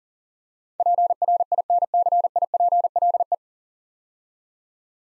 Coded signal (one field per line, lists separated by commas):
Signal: Morse code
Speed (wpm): 44 wpm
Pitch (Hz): 700 Hz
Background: none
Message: PRINCIPLE